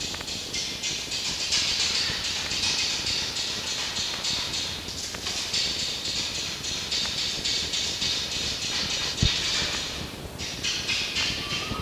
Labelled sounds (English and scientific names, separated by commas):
Red Fox (Vulpes vulpes)